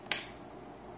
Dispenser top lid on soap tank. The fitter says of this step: so up here you twice this counterclockwise until you hear it click into place and then it will slide right up